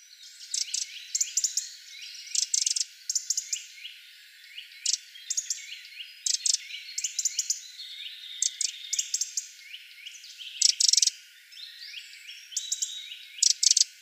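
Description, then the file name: Eurasian wren song, a long run of rapid high trills and sharp ticking notes, with loud bursts recurring throughout. "Troglodytes troglodytes"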